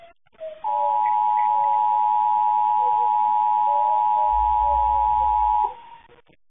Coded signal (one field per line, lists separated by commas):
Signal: Emergency Alert System (SAME) tones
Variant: 853 and 960 Hz attention tone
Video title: EAS 4282-4284: KDKA FM Random EAS Test From 03/07/23